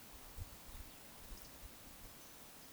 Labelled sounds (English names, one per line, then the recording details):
Eurasian Woodcock whistle
Eurasian Woodcock croak
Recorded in Baden-Württemberg, Germany, on 23 June 2020 at 20:08 UTC
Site 43741, 675 m above sea level